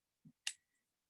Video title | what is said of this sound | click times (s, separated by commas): Online Class: Jewelry Making 118: Badge Holder - Michaels | Now we're going to push it together and wiggle it together until you hear a little click, | 0.5 s